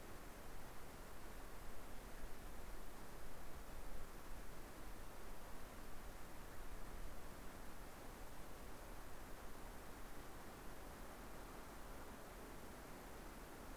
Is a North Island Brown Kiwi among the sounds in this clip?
no